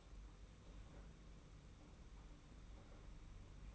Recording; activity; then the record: daily activity, microphone in the room; open fridge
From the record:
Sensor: 1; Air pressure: 991.8 hPa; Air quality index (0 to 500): 205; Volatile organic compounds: 1000 ppm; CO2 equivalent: 7939 ppm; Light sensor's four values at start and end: 28/100/38/39 and 28/100/38/39